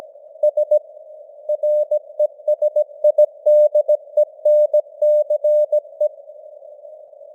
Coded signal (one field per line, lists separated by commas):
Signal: Morse code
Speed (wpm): 17 wpm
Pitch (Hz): 600 Hz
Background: none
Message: S RESIDENCE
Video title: Morse Code News | 2025-12-30 | 17wpm